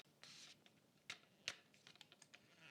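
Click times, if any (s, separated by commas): none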